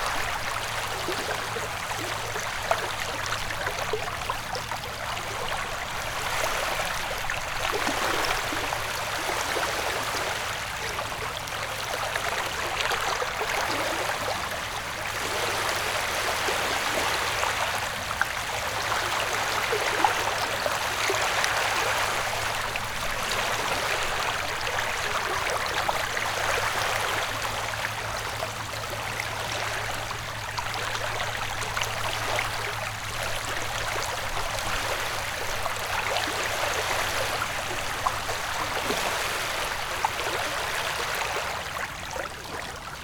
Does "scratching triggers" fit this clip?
no